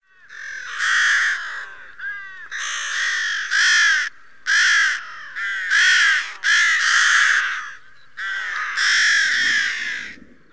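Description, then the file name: Rook cawing in several long, hoarse, grating calls with brief pauses between them. "corvus frugilegus"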